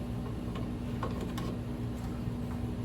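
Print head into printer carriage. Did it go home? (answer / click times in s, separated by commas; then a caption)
no / none. A print head is being handled and positioned into the carriage of a Canon TM-200 printer. A steady low hum runs throughout, with a few light ticks and taps, the sharpest near 1.0 and 1.4 seconds. Nothing has seated or clicked into place yet.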